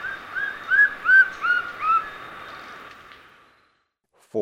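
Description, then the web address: White-streaked antvireo giving a quick run of about five arched whistled notes, then quiet, ending with an abrupt different sound. Recorded in Ecuador. "Birds of Ecuador 29 White-streaked Antvireo"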